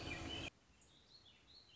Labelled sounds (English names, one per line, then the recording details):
Warbling Vireo
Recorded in Sonoma County, California